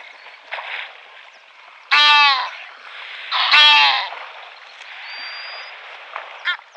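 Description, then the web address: Egyptian goose giving two loud, harsh, nasal calls about a second and a half apart, with fainter similar notes before and after over a steady rushing background noise. "Egyptian Goose"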